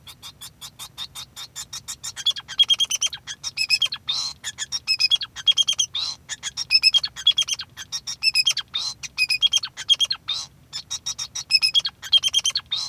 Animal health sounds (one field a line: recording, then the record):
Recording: song of a male Bengalese finch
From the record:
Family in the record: son of father 2